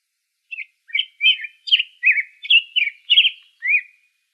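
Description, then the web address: Black-headed grosbeak song: a quick run of rich, warbled phrases slurring up and down, in a steady flowing sequence with no other sounds. Recorded in Arizona on 3 May 2005. "Grosbeaks Buntings BHGR"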